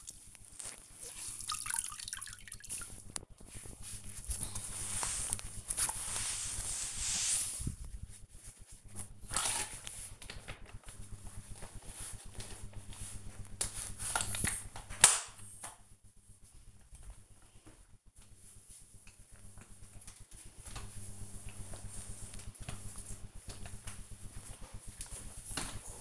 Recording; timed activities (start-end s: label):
household activities, microphone on the right wrist
0.00-26.01 s: floor cleaning